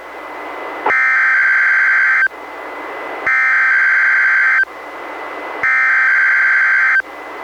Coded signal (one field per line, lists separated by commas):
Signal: Emergency Alert System (SAME) tones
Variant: header bursts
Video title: EAS #694: NWR Required Weekly Test- Sep. 7, 2022- 11:03AM PDT